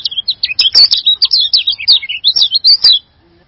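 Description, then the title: Bird song of quick high warbled and chattered notes, steady and unbroken for about three seconds, then silence. "burung online"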